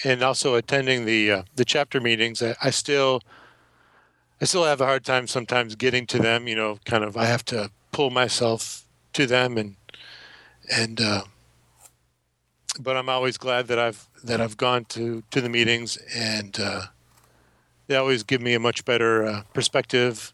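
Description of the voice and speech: An adult man in Portland, Oregon, who stutters speaks conversationally with repeated phrases ("I still… I still", "that I've… that I've"), drawn-out sounds and long silent gaps of up to about 1.5 seconds, with filler sounds between phrases. These are stuttering disfluencies.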